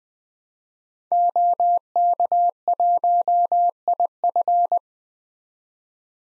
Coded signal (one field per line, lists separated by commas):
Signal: Morse code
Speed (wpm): 20 wpm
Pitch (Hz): 700 Hz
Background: none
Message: OK1IF